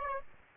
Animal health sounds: mosquito wingbeat signal from an infrared sensor; Aedes aegypti

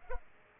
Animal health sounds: mosquito wingbeat signal from an infrared sensor; Aedes aegypti

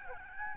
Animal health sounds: mosquito wingbeat signal from an infrared sensor; Aedes albopictus

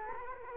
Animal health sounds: mosquito wingbeat signal from an infrared sensor; Culex quinquefasciatus

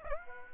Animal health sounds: mosquito wingbeat signal from an infrared sensor; Aedes aegypti

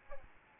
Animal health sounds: mosquito wingbeat signal from an infrared sensor; Aedes albopictus

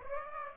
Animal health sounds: mosquito wingbeat signal from an infrared sensor; Aedes aegypti

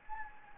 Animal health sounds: mosquito wingbeat signal from an infrared sensor; Anopheles gambiae

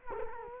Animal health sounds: mosquito wingbeat signal from an infrared sensor; Culex quinquefasciatus

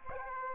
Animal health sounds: mosquito wingbeat signal from an infrared sensor; Aedes aegypti

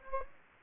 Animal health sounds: mosquito wingbeat signal from an infrared sensor; Anopheles gambiae

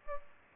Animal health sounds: mosquito wingbeat signal from an infrared sensor; Aedes aegypti

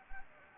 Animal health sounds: mosquito wingbeat signal from an infrared sensor; Anopheles gambiae

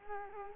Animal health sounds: mosquito wingbeat signal from an infrared sensor; Culex quinquefasciatus

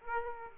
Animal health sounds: mosquito wingbeat signal from an infrared sensor; Aedes aegypti

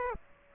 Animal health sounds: mosquito wingbeat signal from an infrared sensor; Aedes aegypti

